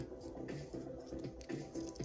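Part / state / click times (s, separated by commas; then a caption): plastic back piece of a small transforming figure into its body / not seated / none. Someone presses the plastic back piece of a small transforming toy figure into its body during transformation, producing soft squishy pressing and a few faint taps around 1.4, 1.9, 2.0 and 2.0 seconds. The piece fails to click, and nothing has seated or clicked yet.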